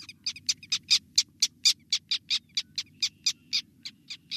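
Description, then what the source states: Black Tern calls, short harsh notes repeated about four times a second, over a low continuous hum. Breeds in summer on secluded freshwater wetlands across the northern states and Canada.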